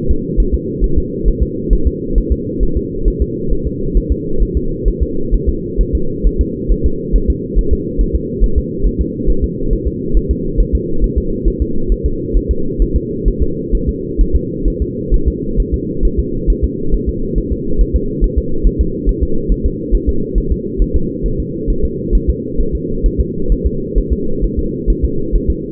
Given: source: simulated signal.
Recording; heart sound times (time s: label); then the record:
fetal heart sounds
0.11 s: S2
0.40 s: S1
0.54 s: S2
0.84 s: S1
0.98 s: S2
1.28 s: S1
1.43 s: S2
1.73 s: S1
1.87 s: S2
2.18 s: S1
2.32 s: S2
2.63 s: S1
2.77 s: S2
3.08 s: S1
3.22 s: S2
3.53 s: S1
3.67 s: S2
3.97 s: S1
4.12 s: S2
4.43 s: S1
4.57 s: S2
4.88 s: S1
5.03 s: S2
5.34 s: S1
5.49 s: S2
5.81 s: S1
5.95 s: S2
6.27 s: S1
6.41 s: S2
6.72 s: S1
6.86 s: S2
7.16 s: S1
7.30 s: S2
7.59 s: S1
7.73 s: S2
8.01 s: S1
8.16 s: S2
8.44 s: S1
8.58 s: S2
8.86 s: S1
9.01 s: S2
9.30 s: S1
9.44 s: S2
9.73 s: S1
9.88 s: S2
10.17 s: S1
10.31 s: S2
10.60 s: S1
10.75 s: S2
11.04 s: S1
11.18 s: S2
11.48 s: S1
11.62 s: S2
11.92 s: S1
12.06 s: S2
12.37 s: S1
12.51 s: S2
12.82 s: S1
12.96 s: S2
13.28 s: S1
13.43 s: S2
13.75 s: S1
13.89 s: S2
14.21 s: S1
14.36 s: S2
14.68 s: S1
14.82 s: S2
15.14 s: S1
15.28 s: S2
15.60 s: S1
15.74 s: S2
16.05 s: S1
16.19 s: S2
16.50 s: S1
16.64 s: S2
16.94 s: S1
17.09 s: S2
17.38 s: S1
17.53 s: S2
17.81 s: S1
17.96 s: S2
18.24 s: S1
18.38 s: S2
18.67 s: S1
18.81 s: S2
19.09 s: S1
19.23 s: S2
19.52 s: S1
19.66 s: S2
19.95 s: S1
20.09 s: S2
20.38 s: S1
20.52 s: S2
20.82 s: S1
20.96 s: S2
21.26 s: S1
21.40 s: S2
21.70 s: S1
21.85 s: S2
22.15 s: S1
22.29 s: S2
22.60 s: S1
22.75 s: S2
23.06 s: S1
23.20 s: S2
23.52 s: S1
23.66 s: S2
23.98 s: S1
24.13 s: S2
24.44 s: S1
24.59 s: S2
24.90 s: S1
25.04 s: S2
25.35 s: S1
25.50 s: S2
From the record:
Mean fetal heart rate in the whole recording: 135 bpm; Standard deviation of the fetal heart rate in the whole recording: 3 bpm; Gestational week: 36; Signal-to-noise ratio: -8.1 dB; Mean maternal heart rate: 72 bpm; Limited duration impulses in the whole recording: absent